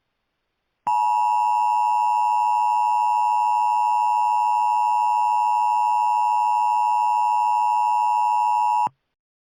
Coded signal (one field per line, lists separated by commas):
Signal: Emergency Alert System (SAME) tones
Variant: 853 and 960 Hz attention tone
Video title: (Why u Watch?) Mini EAS Scenario: The Minion Takeover.￼